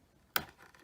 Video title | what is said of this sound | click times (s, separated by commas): Zoe's Tips, Tricks and How To's Episode 10: The Starfrit Chop and Dice | It went click because I opened up the flap. | 0.4 s